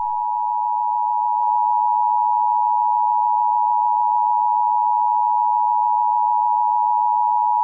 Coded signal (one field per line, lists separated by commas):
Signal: Emergency Alert System (SAME) tones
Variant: 853 and 960 Hz attention tone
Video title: EAS Scenario: The Rain of Shells